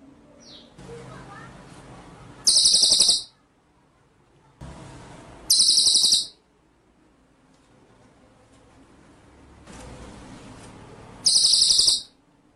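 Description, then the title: White-rumped shama song: three short, sharp bursts of high, quick pulsed trilling spaced a few seconds apart over low background hiss. Masteran (training) track; full song in the ngerol nembak style. "Masteran Murai Batu Full Ngerol Nembak"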